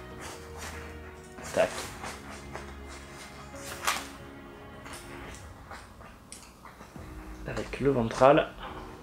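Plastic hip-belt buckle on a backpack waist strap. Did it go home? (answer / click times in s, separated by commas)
no / none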